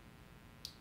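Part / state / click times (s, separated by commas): bobbin thread into bobbin case tension spring / seated / 0.7 s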